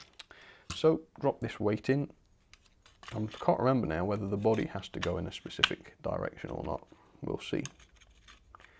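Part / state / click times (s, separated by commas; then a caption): ballast weight into model locomotive chassis / seated / 8.6 s. A metal ballast weight is dropped and pressed into the plastic chassis of a model locomotive during servicing while someone talks. Faint handling clicks come before and between the talk, and a small, sharp click at 8.6 s marks the weight seating in the chassis.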